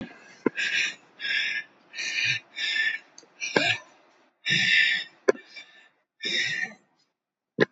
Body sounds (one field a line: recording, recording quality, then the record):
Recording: shallow breathing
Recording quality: excellent, no background noise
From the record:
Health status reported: COVID-19 positive, mild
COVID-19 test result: positive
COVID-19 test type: RT-PCR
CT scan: taken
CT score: 18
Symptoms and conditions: cold, muscle pain, hypertension, ischaemic heart disease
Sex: male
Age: 55 years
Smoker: no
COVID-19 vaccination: both doses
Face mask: not worn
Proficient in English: yes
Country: India